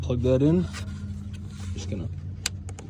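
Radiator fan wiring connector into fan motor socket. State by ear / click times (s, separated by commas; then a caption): seated / 2.5 s. On a Dodge radiator fan replacement, the radiator fan's electrical wiring connector is pushed onto the plastic socket on the new fan housing while someone talks over a low steady hum. A sharp click at 2.5 s marks the connector seating, followed by a few fainter ticks.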